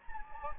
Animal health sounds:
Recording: mosquito wingbeat signal from an infrared sensor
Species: Anopheles gambiae

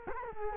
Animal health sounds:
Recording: mosquito wingbeat signal from an infrared sensor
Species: Culex quinquefasciatus

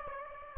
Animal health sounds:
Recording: mosquito wingbeat signal from an infrared sensor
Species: Aedes aegypti

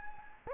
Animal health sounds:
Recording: mosquito wingbeat signal from an infrared sensor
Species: Anopheles gambiae

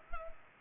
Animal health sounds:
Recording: mosquito wingbeat signal from an infrared sensor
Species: Culex pipiens

